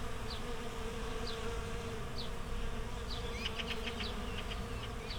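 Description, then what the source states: Bees give a continuous, droning buzz; a few thin bird chirps early on, then a quick cluster of bright bird notes in the second half. Bees in a flowering rapeseed field, Słoneczna 9, Siemianowice Śląskie, Poland, Saturday 18 May 2019; Zoom H5 with Audio-Technica BP4025.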